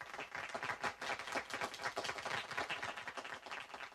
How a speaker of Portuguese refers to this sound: Absolutamente certo! Palmas pra ele, gente! Vamos lá!